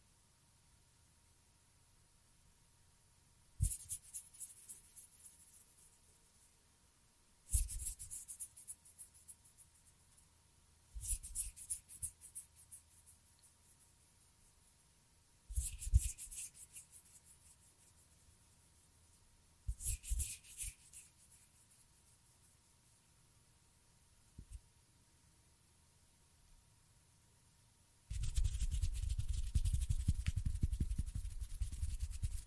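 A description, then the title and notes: Finger fluttering and hand sounds come in short bursts about every four seconds, each starting with a sharp hiss and rustle that fades over a couple of seconds. A faint steady whine runs underneath. Near 28 seconds, a dense, continuous fluttering starts and keeps going to the end. ASMR Finger Fluttering With Anticipatory Trigger And Hand Sounds (No Talking).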